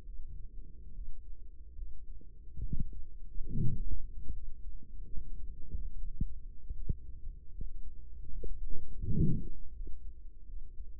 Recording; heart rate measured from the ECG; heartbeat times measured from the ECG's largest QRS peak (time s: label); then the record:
heart sounds by microphone in the right ear; 75 bpm
0.04 s: heartbeat
0.92 s: heartbeat
1.74 s: heartbeat
2.61 s: heartbeat
3.49 s: heartbeat
4.31 s: heartbeat
5.13 s: heartbeat
5.94 s: heartbeat
6.72 s: heartbeat
7.51 s: heartbeat
8.28 s: heartbeat
9.04 s: heartbeat
9.72 s: heartbeat
10.45 s: heartbeat
From the record:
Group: healthy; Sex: male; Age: 35 years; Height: 178 cm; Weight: 64 kg